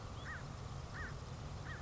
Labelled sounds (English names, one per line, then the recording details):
American Crow
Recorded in Sonoma County, California